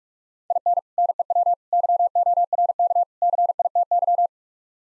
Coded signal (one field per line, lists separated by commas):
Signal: Morse code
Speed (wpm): 49 wpm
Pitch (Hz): 700 Hz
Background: none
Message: IN NEW YORK CITY